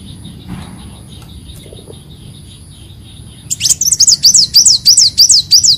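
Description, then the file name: Leafbird song: after three seconds of quiet hum, a fast, regular run of high, peaked whistled notes starts and continues to the end. "Tieng chim xanh tim"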